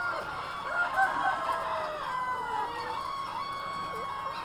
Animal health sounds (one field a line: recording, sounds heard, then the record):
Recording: poultry house recording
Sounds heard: healthy chickens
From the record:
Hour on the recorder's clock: 2